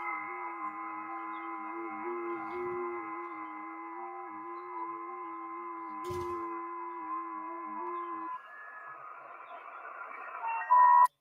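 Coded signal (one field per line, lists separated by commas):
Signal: FT8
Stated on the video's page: Live Parks on the Air activation from a forest park.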